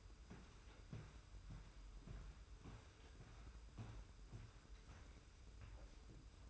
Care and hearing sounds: daily activity, microphone in the room; walk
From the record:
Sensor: 2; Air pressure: 990.5 hPa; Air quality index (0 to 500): 178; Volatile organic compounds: 1000 ppm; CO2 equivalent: 5652 ppm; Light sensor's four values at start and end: 30/70/28/29 and 29/67/28/28

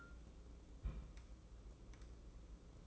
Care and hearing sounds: daily activity, microphone in the room; place on stove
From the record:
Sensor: 1

